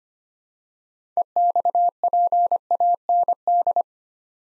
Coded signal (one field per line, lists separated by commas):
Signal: Morse code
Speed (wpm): 25 wpm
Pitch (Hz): 700 Hz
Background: none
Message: EXPAND